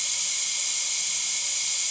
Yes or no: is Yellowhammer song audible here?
no